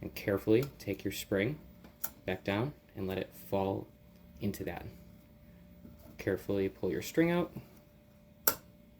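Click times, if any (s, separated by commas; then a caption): 8.5 s. Someone talks while a spring is carefully lowered into a plastic toy blaster magazine and the string holding it is pulled out. At 8.5 s the magazine spring drops into its seat and snaps into place with one sharp click, seated.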